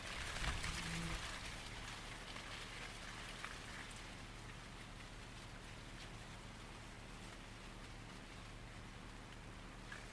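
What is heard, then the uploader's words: Wind rustles steadily through a cornfield, a dense, even hiss of leaves spread across high and middle tones. Near the start there is a brief louder gust with a low hum, then the rustling settles into a constant, unchanging wash for the rest. The gentle rustle of summer wind through a cornfield. High above the summertime bustle of Pembrokeshire’s south coast, the lanes are quiet. No people here, just wind and hedge and crops for miles. It’s now noon. A corn field beside a reef of yellow and white chamomile catches your eye. Recorded by Daniel Graham.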